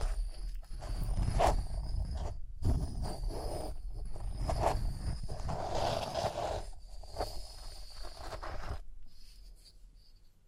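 Rhinestones are tapped, scratched and brushed in a busy, uneven stream of small clicks and scrapes. Sharper taps stand out near 0.6, 1.3, 4.6 and 7.2 seconds, with a dense scratchy stretch around 6 seconds. A thin steady high whine persists throughout, and the sound thins out after 9 seconds.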